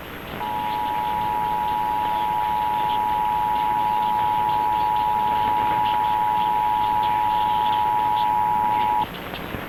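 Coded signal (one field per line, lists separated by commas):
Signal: Emergency Alert System (SAME) tones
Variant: 853 and 960 Hz attention tone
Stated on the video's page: Real Tennessee Required Monthly Test SAME tones aired on radio station WSM.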